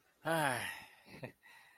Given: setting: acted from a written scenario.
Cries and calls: vocal sound without words; elation

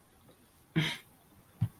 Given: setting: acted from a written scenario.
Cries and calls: vocal sound without words; contempt

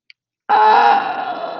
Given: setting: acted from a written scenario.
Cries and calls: vocal sound without words; pain

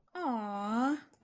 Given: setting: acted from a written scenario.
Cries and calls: vocal sound without words; adoration

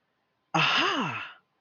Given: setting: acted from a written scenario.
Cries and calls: vocal sound without words; realization

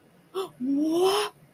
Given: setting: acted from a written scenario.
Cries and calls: vocal sound without words; realization

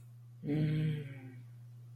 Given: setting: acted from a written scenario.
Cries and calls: vocal sound without words; romantic love

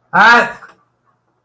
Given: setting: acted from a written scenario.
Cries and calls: vocal sound without words; negative surprise

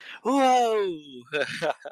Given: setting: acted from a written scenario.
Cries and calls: vocal sound without words; positive surprise

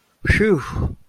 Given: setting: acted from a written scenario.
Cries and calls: vocal sound without words; relief

